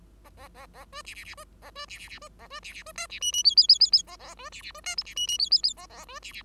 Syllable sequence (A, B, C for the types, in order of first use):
A A A A B C C C B A B C C C B A B C C B D C E E F F F F F A A B C C B D G C E E F F F A A B C C